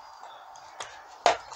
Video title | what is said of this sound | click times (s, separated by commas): KIA Ceed Number Plate Light Repair | put it on there and then click | 1.3 s